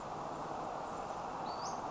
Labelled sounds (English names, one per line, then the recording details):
Western Flycatcher
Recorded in Sonoma County, California